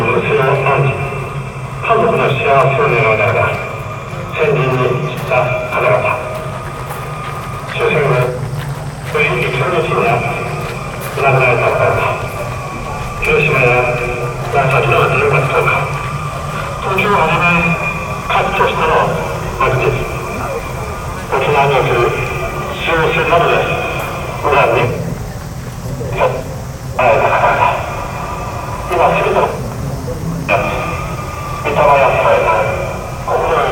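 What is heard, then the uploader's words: Continuous talking fills the recording at Yasukuni Shrine, Tokyo, a man's voice in a steady flow with only brief pauses. A low rumble runs underneath throughout, with a faint high hiss at the top, and the level stays fairly even to the end. Field-recorded at Yasukuni Shrine, Tokyo. An arranged ambient track by kaolu_euphony from the sound materials field-recorded at several places in Tokyo.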